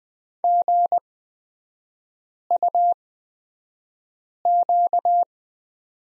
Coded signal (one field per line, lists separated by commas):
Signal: Morse code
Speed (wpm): 20 wpm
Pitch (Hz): 700 Hz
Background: none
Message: GUQ